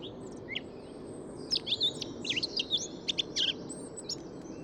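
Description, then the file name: Eurasian blackcap warbling song: a few scattered opening chirps, then a quick burst of varied sweeping and clicking notes lasting about two seconds. "Sylvia atricapilla"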